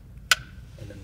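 The operating lever on an antique four-barrel break-action pistol is pulled down, and the steel locking lugs in the frame disconnect with one sharp metallic click at 0.3 seconds. The barrel assembly is released to pivot open.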